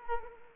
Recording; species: mosquito wingbeat signal from an infrared sensor; Culex quinquefasciatus